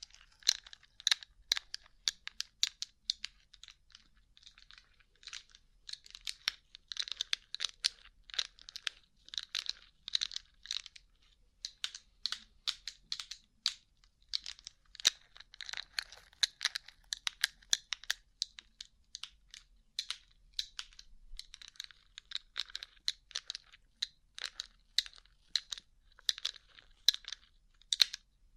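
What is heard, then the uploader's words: Fingertips tap rapidly and unevenly across a rhinestone-covered surface, making dense, bright, crisp clicks. The tapping runs almost nonstop for the whole half minute, pausing only briefly around six and twelve seconds. ASMR Rhinestone Covered Tapping 3Dio (No Talking).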